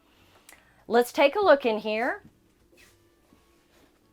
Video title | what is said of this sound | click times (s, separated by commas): R POD 202 by Forest River - 2021 Model - Walkthrough Tour | and this just snaps back into place for when you're traveling | 0.5 s